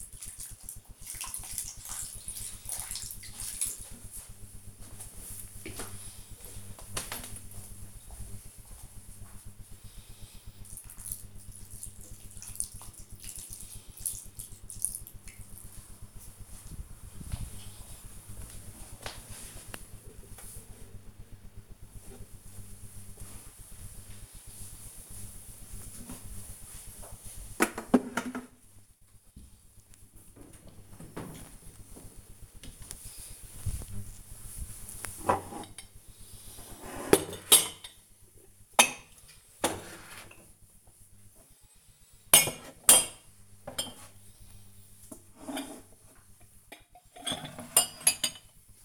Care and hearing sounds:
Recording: household activities, microphone on the right wrist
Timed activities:
0.00-18.22 s: watering plant
28.30-48.85 s: putting away the dishes

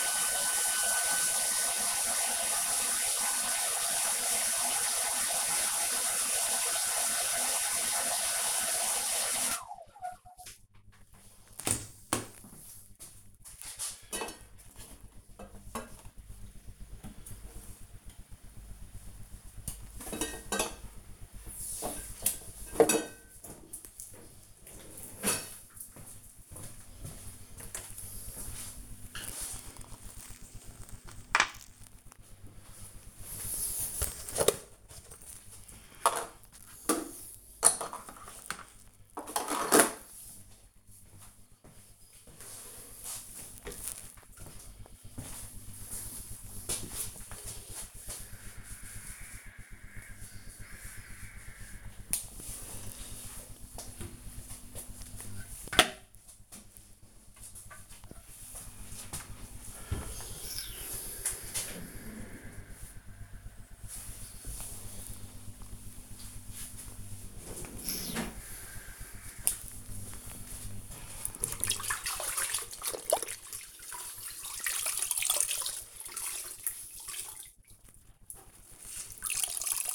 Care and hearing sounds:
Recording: household activities, microphone on the right wrist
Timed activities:
0.00-33.78 s: removing protective film
0.00-79.94 s: kitchen

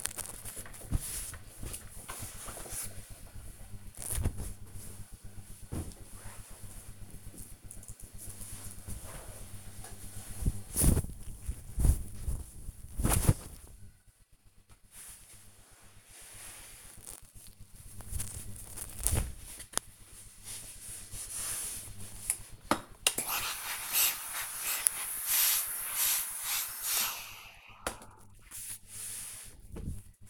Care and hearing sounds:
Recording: household activities, microphone on the right wrist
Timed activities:
0.00-2.33 s: ironing laundry

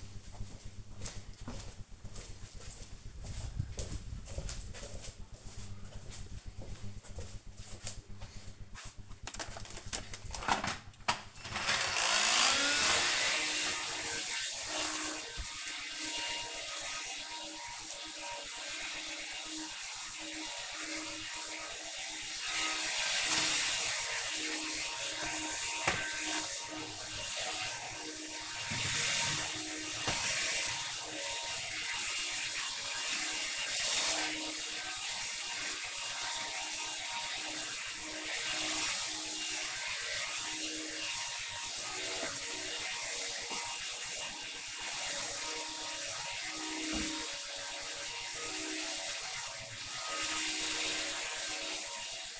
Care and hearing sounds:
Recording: household activities, microphone on the right wrist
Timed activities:
10.46-52.40 s: vacuum cleaning

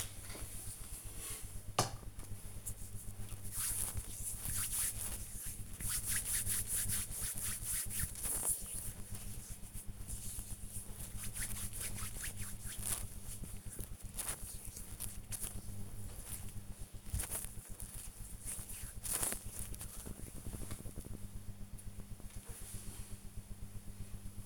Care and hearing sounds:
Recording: household activities, microphone on the right wrist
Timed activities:
0.00-19.78 s: cream hands

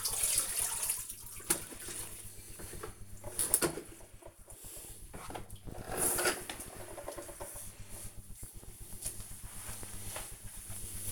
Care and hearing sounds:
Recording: household activities, microphone on the right wrist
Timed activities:
0.00-11.12 s: floor cleaning

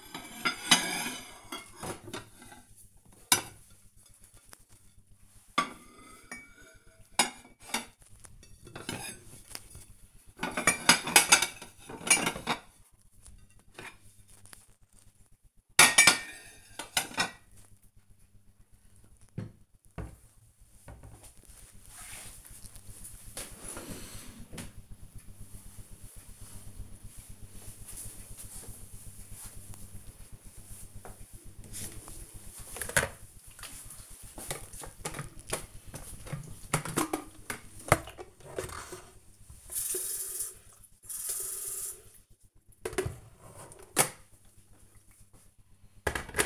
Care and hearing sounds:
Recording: household activities, microphone on the right wrist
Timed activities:
0.00-19.42 s: putting away the dishes
32.50-46.46 s: making tea

